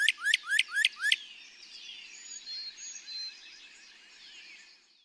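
Northern Cardinal song: five loud, steeply slurred whistles in quick succession.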